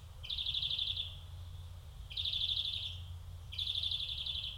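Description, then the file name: European greenfinch giving three rattling trills in quick succession, each fading at its end. "Chloris chloris"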